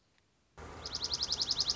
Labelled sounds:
Dark-eyed Junco (Junco hyemalis)
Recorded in Sonoma County, California

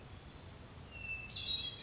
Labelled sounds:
Hermit Thrush (Catharus guttatus)
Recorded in Sonoma County, California

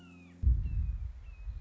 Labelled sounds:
Red-shouldered Hawk (Buteo lineatus)
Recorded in Sonoma County, California

